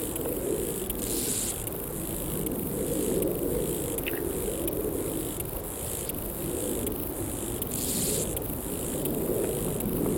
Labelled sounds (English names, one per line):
Steppe Grasshopper stridulation